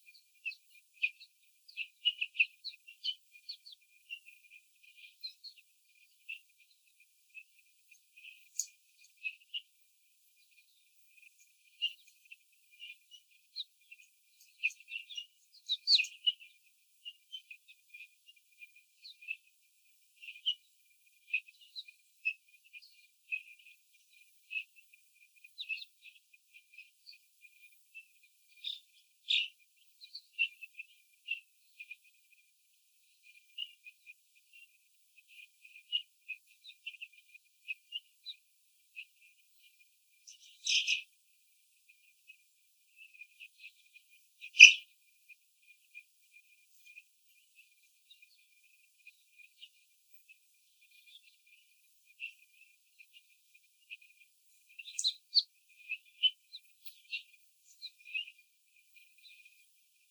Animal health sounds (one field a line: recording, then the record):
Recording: young laying hens in a cage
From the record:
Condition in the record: before the stressor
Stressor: sudden umbrella opening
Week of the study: 3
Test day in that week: 2